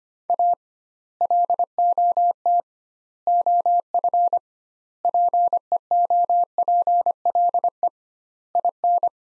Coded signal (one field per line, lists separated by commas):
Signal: Morse code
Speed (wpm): 25 wpm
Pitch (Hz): 700 Hz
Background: none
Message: A LOT OF PEOPLE IN